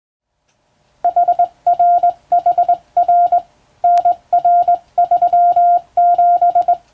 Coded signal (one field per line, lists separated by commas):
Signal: Morse code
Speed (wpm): 22 wpm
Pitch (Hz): 700 Hz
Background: none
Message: HRHR NR37